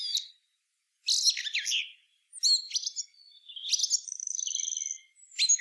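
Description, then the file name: Eurasian blackbird song: squeaky high phrases with scratchy twitters and a long thin trilled note near the end, separated by brief silences. "Turdus merula"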